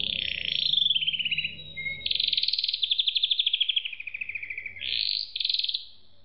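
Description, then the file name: Canary song: continuous buzzy rolling trills, rising and falling in pitch, with a short whistle between phrases and a bright trill to finish. "suara kenari makige"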